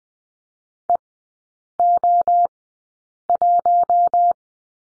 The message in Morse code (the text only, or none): EO1